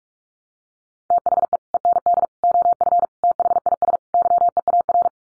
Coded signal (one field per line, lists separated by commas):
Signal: Morse code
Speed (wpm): 44 wpm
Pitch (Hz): 700 Hz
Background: none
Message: THE END OF THIS YEAR